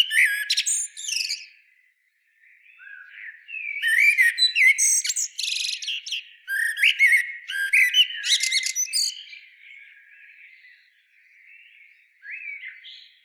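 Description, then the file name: Common blackbird producing rapid squeaky chirps and twitters in several clustered bouts, with softer low warbled notes trailing between them. "Turdus merula"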